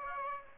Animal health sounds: mosquito wingbeat signal from an infrared sensor; Aedes aegypti

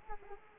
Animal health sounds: mosquito wingbeat signal from an infrared sensor; Culex quinquefasciatus

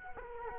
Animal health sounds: mosquito wingbeat signal from an infrared sensor; Culex quinquefasciatus

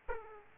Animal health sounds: mosquito wingbeat signal from an infrared sensor; Aedes aegypti

